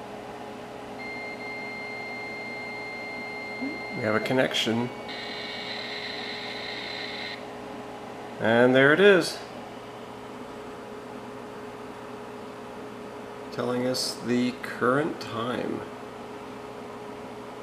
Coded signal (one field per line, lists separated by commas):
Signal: dial-up modem handshake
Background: speech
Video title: Tandy 1000 SL Using a modem in 2022